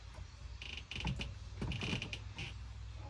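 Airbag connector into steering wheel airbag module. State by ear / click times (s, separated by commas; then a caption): seated / 0.9 s, 2.1 s. While installing a yoke steering wheel in a Tesla Plaid-swapped Studebaker truck, an airbag wiring connector is plugged into its socket in the steering wheel airbag module behind the wheel, over a steady low hum and plastic handling noise. Two sharp clicks sound at 0.9 s and 2.1 s, and the connector is seated.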